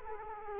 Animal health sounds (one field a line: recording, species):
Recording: mosquito wingbeat signal from an infrared sensor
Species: Culex quinquefasciatus